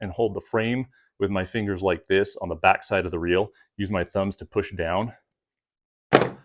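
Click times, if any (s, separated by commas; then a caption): 6.2 s. Someone talks while holding the frame of a Lamson Remix fly reel with their fingers on the back side and pushing down with their thumbs. At 6.2 s a sharp click sounds as the spool pops free of the reel frame and is released.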